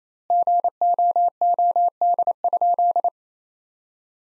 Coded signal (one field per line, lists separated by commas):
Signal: Morse code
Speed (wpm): 28 wpm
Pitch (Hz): 700 Hz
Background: none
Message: GOOD?